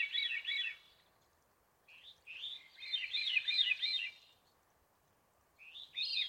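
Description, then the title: Veery singing fluty spiraling phrases, one short burst, a longer swirling phrase after a pause, then another phrase beginning at the end. Sad-sounding song; Pacific Northwest. "Veery, Catharus Fuscescens"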